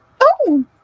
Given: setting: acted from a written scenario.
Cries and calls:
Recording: vocal sound without words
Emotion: positive surprise

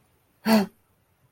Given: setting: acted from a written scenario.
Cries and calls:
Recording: vocal sound without words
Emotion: fear

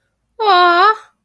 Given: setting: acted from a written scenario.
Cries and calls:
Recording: vocal sound without words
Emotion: adoration

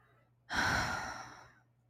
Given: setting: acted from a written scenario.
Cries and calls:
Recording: vocal sound without words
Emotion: disappointment

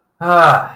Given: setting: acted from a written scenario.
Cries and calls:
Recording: vocal sound without words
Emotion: relief

